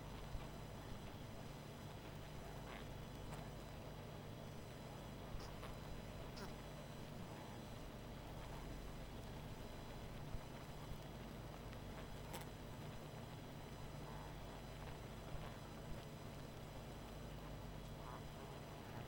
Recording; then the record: honeybee colony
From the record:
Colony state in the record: missing queen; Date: 14 July 2017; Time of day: 20:00